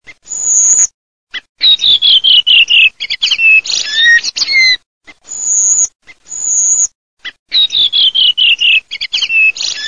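Redwing calls: series of clear whistled notes sliding downward, mixed with thin, high, level tones and brief twittering, in short bursts separated by abrupt silent gaps.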